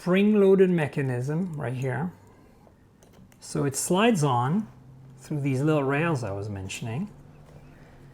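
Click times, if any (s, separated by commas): none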